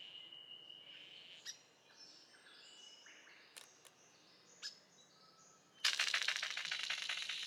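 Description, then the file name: Golden bowerbird: faint scattered chirps and clicks, then a Golden bowerbird breaks into a loud, rapid, grating rattle that continues to the end. "Prionodura Newtoniana"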